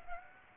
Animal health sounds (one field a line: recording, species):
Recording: mosquito wingbeat signal from an infrared sensor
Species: Aedes aegypti